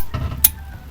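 A click-type torque wrench tightens the next wheel nut on a car wheel. A low rumble is followed by a single sharp, bright click at 0.4 s. The wrench has reached its set torque on that nut.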